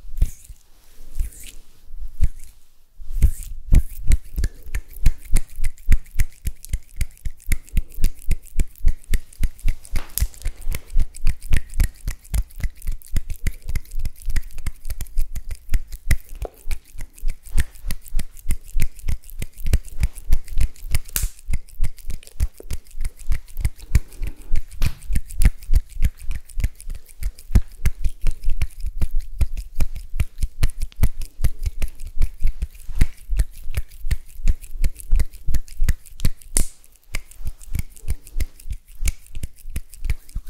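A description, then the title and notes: Hand sounds: a long run of sharp, dry clicks and taps, a few per second, fairly even in pace and loudness. After a brief pause near the start, the clicking carries on almost without a break, with a short gap again near the end. ASMR HAND SOUNDS and HAND MOVEMENTS.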